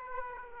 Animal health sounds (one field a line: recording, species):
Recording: mosquito wingbeat signal from an infrared sensor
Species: Aedes aegypti